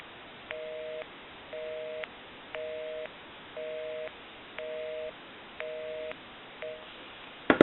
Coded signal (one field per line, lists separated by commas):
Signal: telephone call progress tone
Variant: North America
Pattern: busy tone